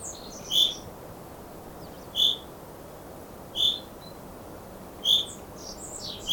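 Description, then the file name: Common chaffinch calls: short, bright single notes repeated roughly every one and a half seconds. "Fringilla coelebs"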